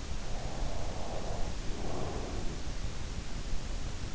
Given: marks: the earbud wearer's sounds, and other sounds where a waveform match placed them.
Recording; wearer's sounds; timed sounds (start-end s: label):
sounds in sleep by an in-ear microphone; breath
0.33-3.20 s: breath